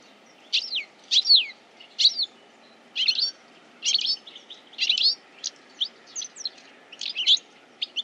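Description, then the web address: Bird calls, a series of short sharp chirps and quick down-slurred notes given in rapid bursts, over a faint steady low hum. "Deverinetal. Bird Only"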